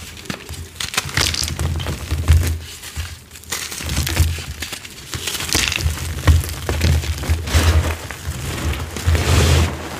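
Dyed chalk and crunchy cornstarch are crushed, giving dense crackling and crumbling with sharp snaps. Firm squeezes land in bursts about every one to two seconds, each carrying a low thud beneath the crisp crunch.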